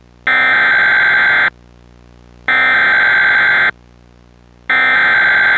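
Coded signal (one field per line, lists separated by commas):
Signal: Emergency Alert System (SAME) tones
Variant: header bursts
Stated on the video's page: Mock EAS required test made with SARA firmware.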